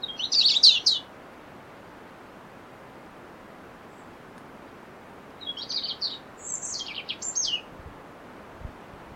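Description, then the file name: European robin sings a brief shrill phrase, pauses several seconds, then gives a longer phrase of high, thin varied notes. "Erithacus rubecula"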